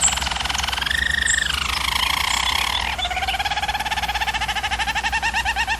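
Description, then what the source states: German Roller canary singing fast pulsed rolls that slide downward, then a low, rhythmically bubbling tour repeated rapidly; constant low hum. German Roller canary song for training canaries.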